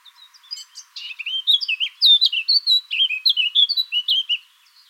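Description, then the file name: Eurasian blackcap song: a fast, varied warble of high chirps and twittering notes, building in loudness and tumbling steadily for about four seconds. "Sylvia atricapilla"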